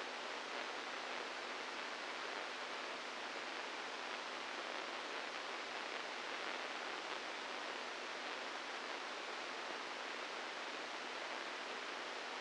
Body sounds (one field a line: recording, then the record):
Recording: brain microelectrode recording played as sound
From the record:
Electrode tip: inside the subthalamic nucleus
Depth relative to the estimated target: -2 mm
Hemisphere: right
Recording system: NeuroSet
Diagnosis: Parkinson's disease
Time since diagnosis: 8 years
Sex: male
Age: 46 years